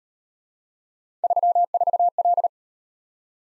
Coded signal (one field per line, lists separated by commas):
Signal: Morse code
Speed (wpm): 35 wpm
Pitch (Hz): 700 Hz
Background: none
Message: 34L